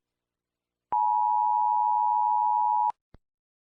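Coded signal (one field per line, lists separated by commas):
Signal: Emergency Alert System (SAME) tones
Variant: 853 and 960 Hz attention tone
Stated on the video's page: Simulated EAS scenario alert.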